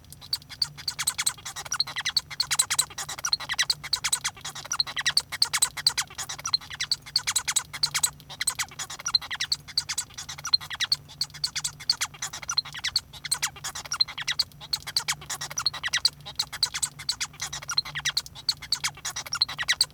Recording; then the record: song of a male Bengalese finch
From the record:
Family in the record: son of father 1